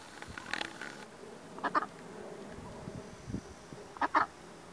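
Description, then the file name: Duck calls as short, harsh quacking bursts, a few, spaced seconds apart. Ducks on the bank of the Wei River, Weiyang, Xi'an. "未央 渭河畔的鸭子"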